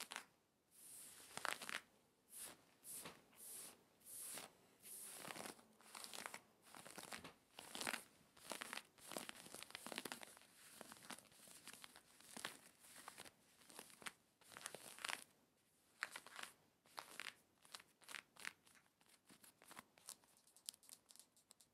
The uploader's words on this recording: ASMR Aggressive Jean Scratching Clothing Sounds to Help you Tingle and Sleep Denim Fabric.